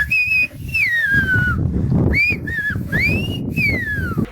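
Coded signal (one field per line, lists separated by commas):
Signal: whistled language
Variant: Silbo Gomero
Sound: loud pitched whistle gliding up and down in several phrase-like segments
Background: outdoor background noise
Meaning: Florencio, bring me lunch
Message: Florencio tráeme el almuerzo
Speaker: Don benigno silve Florencio tráeme el almuerzo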